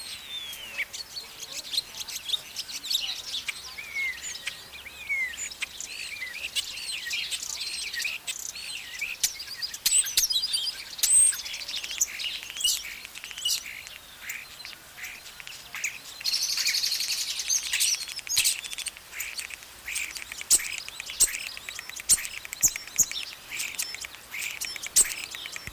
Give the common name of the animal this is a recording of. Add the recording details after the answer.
European Starling. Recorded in the wild. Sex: male. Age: adult. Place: Zoo Halle, Sachsen-Anhalt, DE. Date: 1999-03-30 14:49. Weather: fair, ca. 17°C. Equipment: Sony MD-WM MZ-R3, Sennheiser MKH 416 T, Kopie Uher 4000 Report Monitor. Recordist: Tembrock, Günter